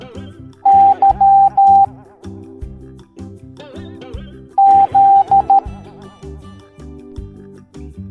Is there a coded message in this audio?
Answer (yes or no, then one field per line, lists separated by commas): yes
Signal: Morse code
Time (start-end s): 0.7-5.6 s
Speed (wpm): 13 wpm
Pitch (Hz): 790 Hz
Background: music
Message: Y Z